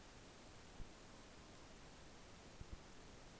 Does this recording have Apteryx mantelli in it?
no